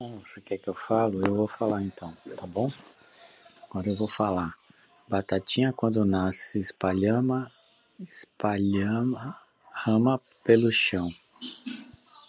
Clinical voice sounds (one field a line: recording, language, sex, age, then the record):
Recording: short text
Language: Brazilian Portuguese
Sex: male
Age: 50 to 59 years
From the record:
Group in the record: control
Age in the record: 54 years